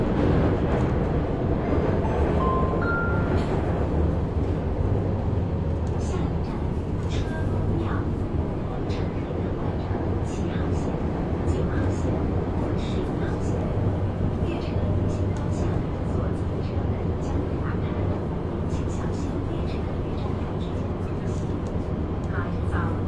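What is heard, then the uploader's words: Inside a metro train in Shenzhen, a steady low rumble and rushing air fill the car without a break. Murmured voices of passengers drift through, with occasional brief clicks and rattles scattered across the 23 seconds. Cooling in Metro, Shenzhen. 深圳地铁冷气开得很足. 那天下午三四点的样子，我从地铁 1 号线鲤鱼门站上车. 地铁里没什么人，很干净，很凉快，然后录下了这段音频。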